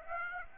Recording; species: mosquito wingbeat signal from an infrared sensor; Aedes aegypti